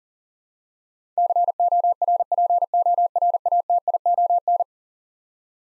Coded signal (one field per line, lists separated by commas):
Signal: Morse code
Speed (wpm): 40 wpm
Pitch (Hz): 700 Hz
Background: none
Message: CORPORATION